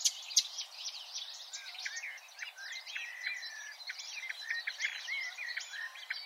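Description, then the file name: Marsh warbler song heard as a quieter, restless jumble of twittering notes, short whistles and scratchy phrases running without pause. "suara kicauan burung marsh warbler. omkicau"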